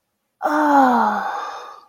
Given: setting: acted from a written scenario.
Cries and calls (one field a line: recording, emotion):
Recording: vocal sound without words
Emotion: ecstasy